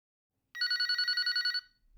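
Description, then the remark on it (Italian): A telephone rings once: a bright, rapidly trilling electronic burst of about a second with steady, high pulses, then it cuts off into quiet. “Al telefono un minuto più tardi.”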